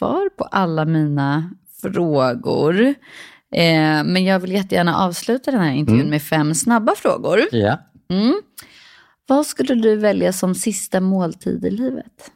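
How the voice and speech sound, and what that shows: A woman speaks Swedish in clear, fluent conversational speech with natural pitch movement and brief pauses between phrases, with a short murmured "mm" in between. Voice quality is clear and steady; ordinary speech in a quiet small room.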